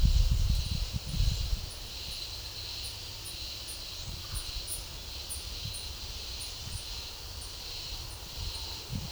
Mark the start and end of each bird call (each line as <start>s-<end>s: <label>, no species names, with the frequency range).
0.50s-9.11s: bird call (8.1-11.2 kHz)